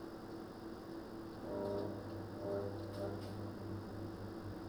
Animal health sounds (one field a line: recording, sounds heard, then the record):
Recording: poultry house recording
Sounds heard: no chicken sound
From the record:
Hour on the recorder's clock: 20